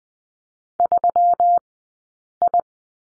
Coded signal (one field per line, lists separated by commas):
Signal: Morse code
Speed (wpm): 20 wpm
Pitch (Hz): 700 Hz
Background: none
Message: 3I